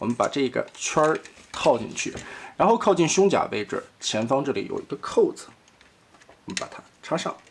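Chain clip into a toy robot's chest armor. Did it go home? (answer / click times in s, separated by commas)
no / none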